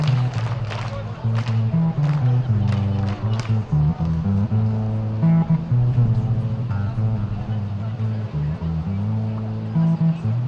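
Recorded at ongoing protests in Belarus, a low male voice speaks almost without pause for the whole ten seconds, in short phrases with brief gaps. A steady murmur of other sounds, possibly a crowd, runs underneath, with a few sharp clicks early on.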